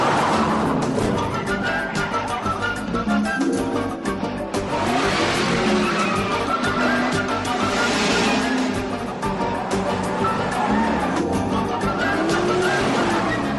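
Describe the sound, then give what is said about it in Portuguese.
A truck being driven wildly, with a groundhog at the wheel: its engine roars steadily while its tires skid and squeal in repeated high, wavering screeches, loud and continuous for the whole stretch with no voices. “Sequestro a marmota e bota ela pra dirigir o caminhão.”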